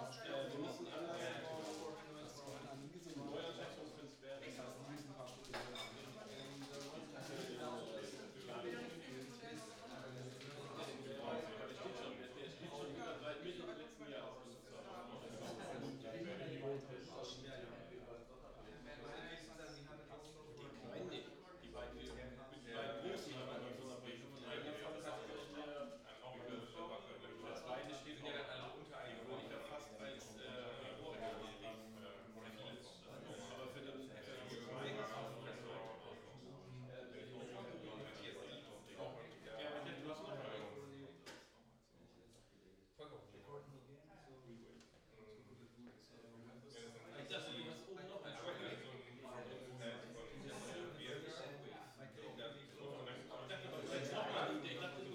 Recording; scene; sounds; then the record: everyday scene through a hearing-aid microphone; many people talking; many voices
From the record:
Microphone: in the ear canal, right